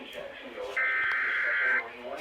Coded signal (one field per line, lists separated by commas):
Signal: Emergency Alert System (SAME) tones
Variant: header bursts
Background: speech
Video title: They Come And go EAS alerts from 7/12/21 (EAS Alerts #7-12)